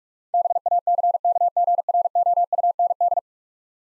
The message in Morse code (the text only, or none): BACKGROUND